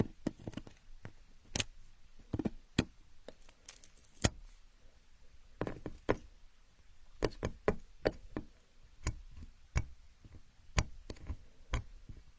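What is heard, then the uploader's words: Building blocks knock and clack together in irregular bursts, sharp bright taps scattered across the whole twelve seconds, sometimes clustered in quick runs near the four-, six- and eight-second marks. Quiet pauses fall between the hits, with a faint low rumble underneath. Asmr, playing with building blocks.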